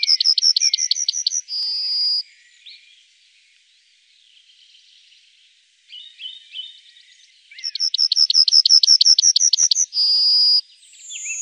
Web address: Bruant jaune